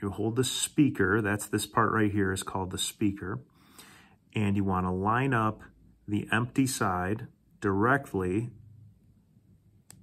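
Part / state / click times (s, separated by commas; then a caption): wax filter tool into hearing aid speaker opening / seated / 9.9 s. Someone talks while holding a hearing aid speaker and lining up the empty side of a plastic wax-filter tool with the speaker's hole to grab the old wax filter. A short, sharp click at 9.9 s marks the tool snapping into the hearing aid speaker, where it is seated and sticks in place.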